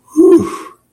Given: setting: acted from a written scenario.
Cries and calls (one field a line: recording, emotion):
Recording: vocal sound without words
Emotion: relief